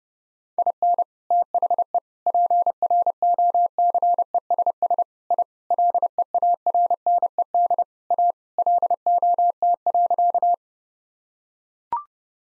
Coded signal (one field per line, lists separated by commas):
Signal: Morse code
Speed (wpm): 30 wpm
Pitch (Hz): 700 Hz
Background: none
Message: IN THE PROCESS I LEARNED A LOT.